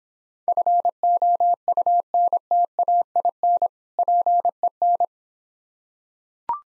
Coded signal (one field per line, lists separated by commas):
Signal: Morse code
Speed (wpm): 26 wpm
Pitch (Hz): 700 Hz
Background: none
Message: FOUNTAIN PEN